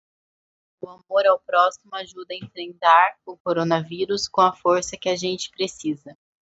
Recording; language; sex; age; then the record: spoken sentence; Brazilian Portuguese; female; 20 to 29 years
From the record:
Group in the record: control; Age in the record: 27 years